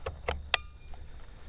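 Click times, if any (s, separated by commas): 0.5 s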